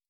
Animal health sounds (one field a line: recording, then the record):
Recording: hydrophone in a shrimp aquaculture tank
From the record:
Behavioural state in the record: stressed